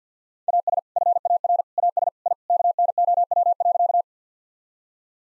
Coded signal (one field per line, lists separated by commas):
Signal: Morse code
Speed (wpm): 50 wpm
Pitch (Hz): 700 Hz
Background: none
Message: AS FAR AS I KNOW.